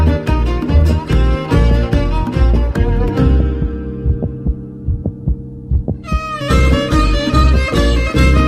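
Regular low, soft thumps at about 72 a minute run beneath sustained instrumental music. This is a real heartbeat used as a percussive beat, with its tempo slowed to fit the piece.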